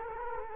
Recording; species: mosquito wingbeat signal from an infrared sensor; Culex quinquefasciatus